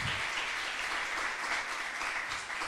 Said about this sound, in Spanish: La tenemos de vuelta, ponte en pie, te damos un aplauso de bienvenida de vuelta.